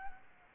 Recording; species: mosquito wingbeat signal from an infrared sensor; Aedes albopictus